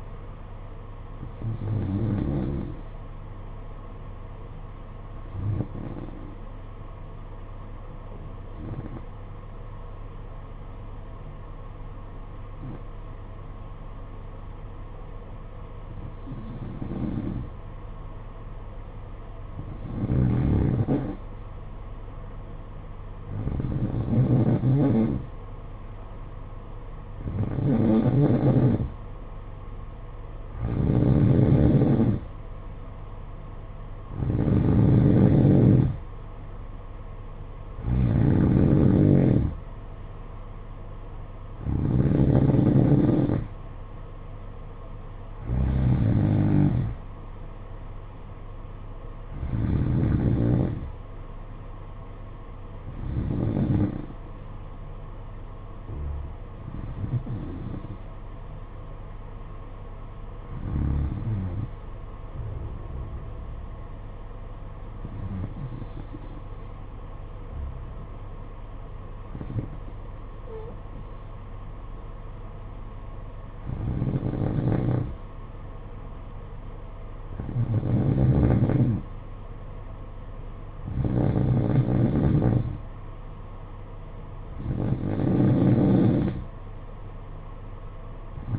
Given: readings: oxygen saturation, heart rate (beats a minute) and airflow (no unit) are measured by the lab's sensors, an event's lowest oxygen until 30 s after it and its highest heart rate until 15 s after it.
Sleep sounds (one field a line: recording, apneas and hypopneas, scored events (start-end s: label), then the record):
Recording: breathing in sleep by a smartphone at the bedside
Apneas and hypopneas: 1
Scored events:
8.00-18.90 s: obstructive apnea (N1, oxygen 93% highest, then 90% lowest, heart rate 52 at the start, 57 highest)
15.00-88.59 s: new sleep stage, N2 (light sleep)
From the record:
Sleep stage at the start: N1 (lightest sleep)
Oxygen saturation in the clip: 87 to 93%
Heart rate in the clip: 51 to 58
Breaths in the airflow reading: 21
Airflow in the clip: -8.6 to 7.3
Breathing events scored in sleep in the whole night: 476 in 9.7 hours asleep